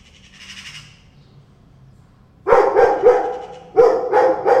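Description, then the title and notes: Dog barking loudly in two rapid bursts, after a brief, faint rasp of bird chatter at the start. Dog reacting with concern to two cats meowing at each other, with two magpies also present. "2 cats, 2 magpies and a dog. Two cats meowing each other and two magpies and a dog concern about them"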